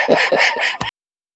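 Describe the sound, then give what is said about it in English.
A dog lets out a rapid string of four sharp, high-pitched barks and yips, loud and back to back, then falls abruptly silent. “I got my dogs all staring at us like we're crazy.”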